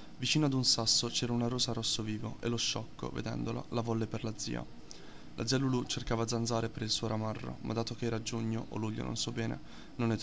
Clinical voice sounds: read passage; Italian; male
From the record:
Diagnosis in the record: healthy control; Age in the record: 19 years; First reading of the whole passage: 38 s, 13.5 characters per second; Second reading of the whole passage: 40 s, 12.9 characters per second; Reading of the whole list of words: 43 s, 6.6 characters per second

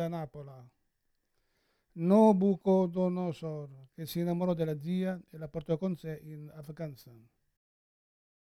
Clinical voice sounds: read passage; Italian; male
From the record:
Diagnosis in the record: Parkinson's disease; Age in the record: 71 years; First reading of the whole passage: 60 s, 8.7 characters per second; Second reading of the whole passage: 57 s, 9.1 characters per second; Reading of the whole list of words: 54 s, 5.3 characters per second

